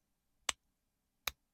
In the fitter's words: It's uh it clicks in place.